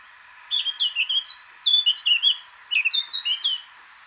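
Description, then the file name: Eurasian blackcap song in two phrases of bright, jumbled warbling separated by a short pause. "Sylvia atricapilla"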